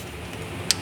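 An oxygen sensor electrical connector on a 2011 Dodge Ram 3500 Diesel is plugged back into its mating wiring harness connector and pushed in. Over a steady low background hum, one sharp, bright click sounds at 0.7 s as the latch engages and the connector seats.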